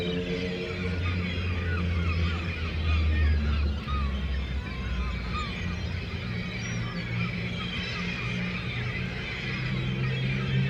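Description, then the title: Gulls: a busy mix of squealing and mewing calls, many overlapping, over a steady deep engine rumble. Gulls at a harbour quay in Le Tréport, France, mixed with passing motorcycles; recorded with DPA 4060 microphones in AB position into a Zoom F3. "3 Quai des Paquebots, Le Tréport, France - Seagulls"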